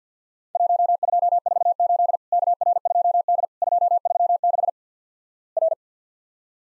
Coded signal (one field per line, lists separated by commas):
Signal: Morse code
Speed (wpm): 50 wpm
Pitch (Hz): 700 Hz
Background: none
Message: 1248 KR2D 236 R